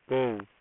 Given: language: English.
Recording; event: throat vibration sensor signal played as sound; speech